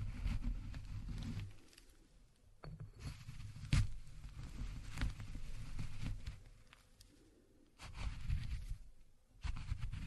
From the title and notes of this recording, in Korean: 호두를 직접 갈아보겠습니다. 손으로 직접 갈아먹는 호두.